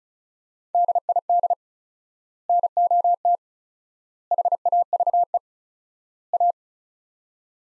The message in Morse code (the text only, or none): DID NOT HAVE A